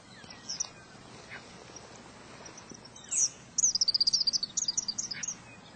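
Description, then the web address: Eastern kingbird calls: a few sharp high notes, then a rapid sputtering chatter of high twittering notes, over steady background hiss. "cotor. Eastern Kingbird"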